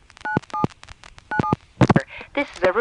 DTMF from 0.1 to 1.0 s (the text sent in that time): 97